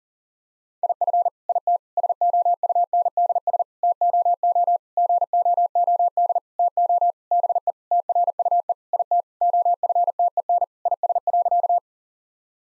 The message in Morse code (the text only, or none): IF IT SOUNDS TOO GOOD TO BE TRUE IT OFTEN IS.